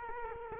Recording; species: mosquito wingbeat signal from an infrared sensor; Culex quinquefasciatus